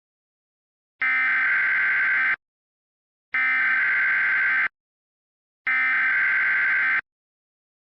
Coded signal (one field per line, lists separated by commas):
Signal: Emergency Alert System (SAME) tones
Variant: header bursts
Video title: EAS Mock: Tornado Watch #21